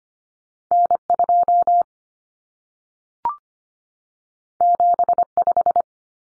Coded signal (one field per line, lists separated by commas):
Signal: Morse code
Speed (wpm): 25 wpm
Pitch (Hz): 700 Hz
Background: none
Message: N2 75